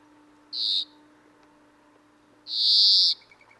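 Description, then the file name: European greenfinch giving buzzy calls, a short wheeze followed by a longer, drawn-out buzz about two seconds later. "Chloris chloris"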